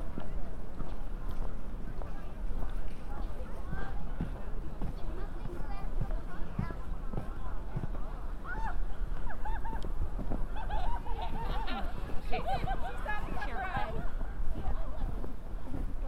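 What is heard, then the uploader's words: A walk through Central Park after a snowstorm, with a steady murmur of people talking throughout. Voices overlap, some brighter calls and children's shouts rising after about ten seconds, while occasional hoof-like clops and footsteps tap underneath a low rumble. A binaural field recording of walking in Central Park after a snow storm. Once I enter the park there are horses, families playing, people talking and eventually me walking in Strawberry Fields covered in 8 inches of snow. It was a windy day, so there is some wind noise.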